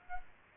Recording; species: mosquito wingbeat signal from an infrared sensor; Aedes aegypti